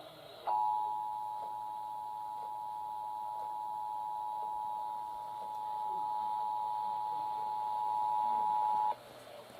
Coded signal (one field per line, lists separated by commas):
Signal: Emergency Alert System (SAME) tones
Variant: 853 and 960 Hz attention tone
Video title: EAS Child Abduction Emergency Issued by SCEMA + Live Voice & Relayed by Sage Endec